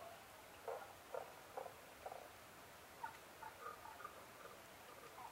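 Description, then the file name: Tago's brown frog croaks: a run of four low pulsed notes, then softer higher clucks following irregularly, with constant faint hiss. Recorded 15 May 2011 at 02:19. "tagogaeru-20110515-0219"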